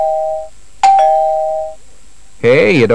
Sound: door bell tings